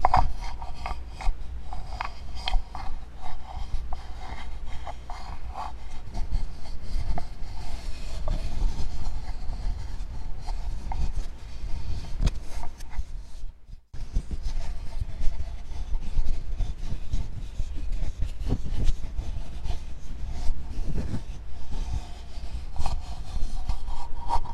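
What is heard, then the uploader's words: Wooden surfaces are tapped and rubbed in a dense, continuous stream of small scratches and knocks, with brighter taps scattered irregularly throughout. A low steady rumble sits underneath. Near the 14-second mark the sound drops out briefly before the rubbing resumes. Wood ASMR soothing tapping and rubbing triggers. A variety of tapping, rubbing, and more.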